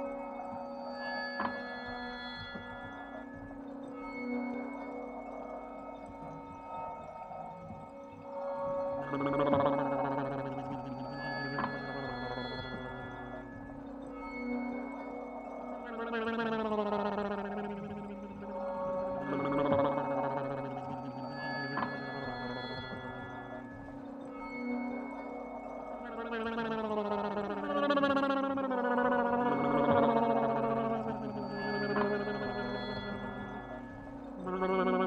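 Improvised sounds from repurposed everyday objects and invented instruments: sustained, ringing tones over a steady low drone, with pitches that bend and waver. Brighter swells rise around 9, 16, 20 and 27–31 seconds, then ease back without fully stopping.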